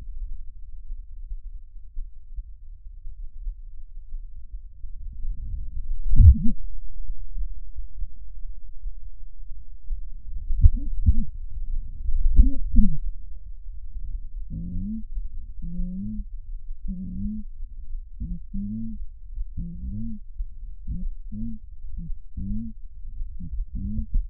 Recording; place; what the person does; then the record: lung sounds by stethoscope; right anterior apical chest; quiet breathing, then cough and speech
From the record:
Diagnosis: COPD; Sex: female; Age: 68 years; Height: 150 cm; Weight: 70 kg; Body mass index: 31.1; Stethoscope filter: bell mode